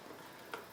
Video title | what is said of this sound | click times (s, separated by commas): DEATH TO A MOWER | make sure it clicks like that | 0.5 s